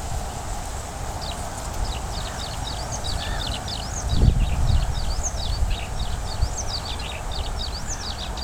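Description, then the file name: Paddyfield warbler calling, a fast run of high chirpy notes repeated steadily throughout, over low rumbling background noise with a brief louder low burst midway. "A agricola backgr-L ridib"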